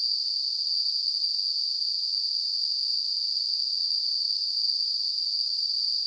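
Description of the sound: Simulated tinnitus: a steady, continuous high-pitched hissing tone, a narrow band centered near 4.5 kHz with a faint higher band near 9 kHz, constant in loudness throughout, with no low-frequency content.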